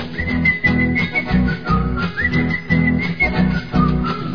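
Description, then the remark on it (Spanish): Someone whistles a short, lilting little tune to a hardware-store clerk, the melody rising and falling in a steady line over a low, rhythmic thumping accompaniment. No one speaks. “Clodo miró muy tranquilo de su truco musical, le silbó la cancioncita con toda seguridad.”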